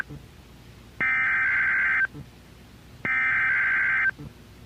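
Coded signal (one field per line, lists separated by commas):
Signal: Emergency Alert System (SAME) tones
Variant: header bursts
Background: speech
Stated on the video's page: Real EAS required weekly tests.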